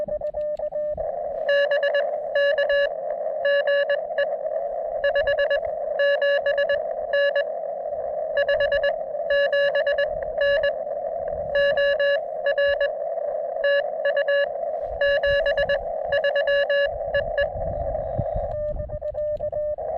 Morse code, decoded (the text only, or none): BK GE 57N 57N OR TU 73 EE